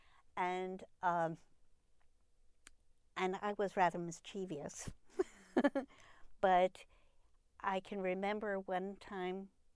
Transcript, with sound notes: And I was rather mischievous. (she laughs) But, I can remember one time,